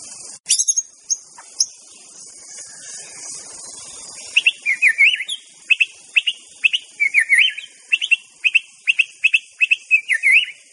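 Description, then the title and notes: White-rumped shama song: a few high chips, then a steady series of short, sharp whistled notes with quick upward flicks, over a constant high hiss. Song recording used as a lure for trapping (pikat). "MB Pikat Jitu.. Suara Mantap. murai batu"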